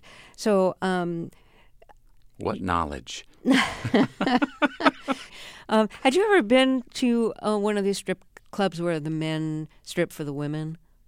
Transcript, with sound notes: So...
What knowledge.
(LAUGHTER)
Had you ever been to one of these strip clubs where the men strip for the women?